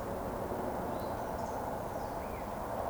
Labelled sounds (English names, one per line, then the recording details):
Eurasian Woodcock whistle
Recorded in Baden-Württemberg, Germany, on 24 June 2020 at 20:01 UTC
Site 14569, 102 m above sea level